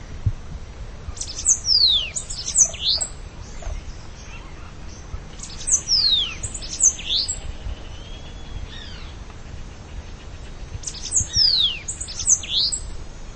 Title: Canto De Cambacica